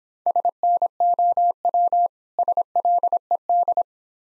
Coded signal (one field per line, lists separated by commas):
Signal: Morse code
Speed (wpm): 26 wpm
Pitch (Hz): 700 Hz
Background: none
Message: SNOW SLED